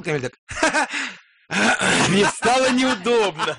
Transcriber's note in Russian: смеются